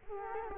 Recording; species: mosquito wingbeat signal from an infrared sensor; Culex quinquefasciatus